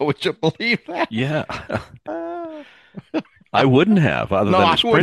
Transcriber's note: laughs